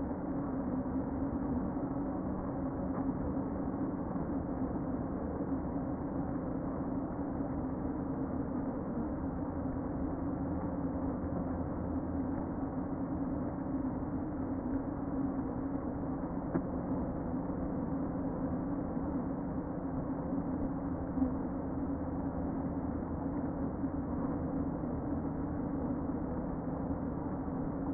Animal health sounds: honeybee colony, microphone inside the hive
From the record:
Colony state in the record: queen present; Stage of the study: before two queens were removed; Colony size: about 60,000 bees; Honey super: yes

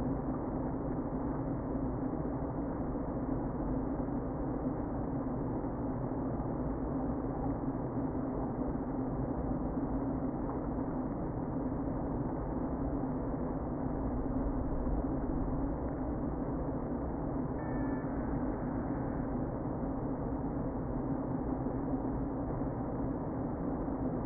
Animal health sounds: honeybee colony, microphone inside the hive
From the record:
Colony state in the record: queen present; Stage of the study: before two queens were removed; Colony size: about 60,000 bees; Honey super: yes

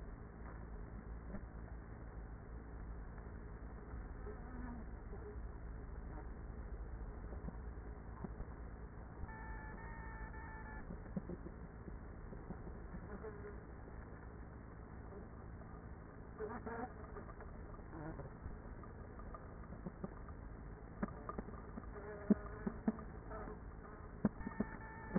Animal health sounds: honeybee colony, microphone inside the hive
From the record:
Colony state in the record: queenless with a low population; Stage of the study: after two queens were removed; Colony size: about 30,000 bees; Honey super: no

